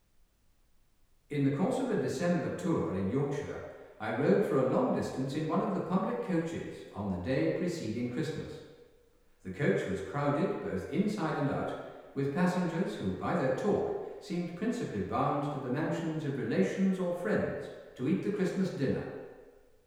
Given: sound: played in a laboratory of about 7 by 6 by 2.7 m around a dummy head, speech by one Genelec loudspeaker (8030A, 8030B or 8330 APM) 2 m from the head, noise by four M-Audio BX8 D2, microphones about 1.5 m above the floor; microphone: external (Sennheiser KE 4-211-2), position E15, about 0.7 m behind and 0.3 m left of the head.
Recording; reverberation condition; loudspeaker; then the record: male speech in English; high; 60 degrees to the right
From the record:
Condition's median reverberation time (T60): about 1300 ms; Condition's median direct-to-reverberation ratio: about -4.0 dB